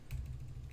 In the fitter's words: and then as you press it back you can click it in you heard that click there and now it's nicely secured